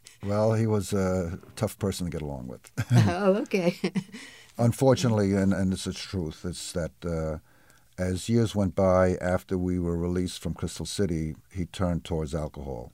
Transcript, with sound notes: Well, he was a tough person to get along with. [Laughs]
Oh, okay! [Laughs]
Unfortunately, and this is that truth, that as years went by, after we were released from Crystal City, he turned towards alcohol.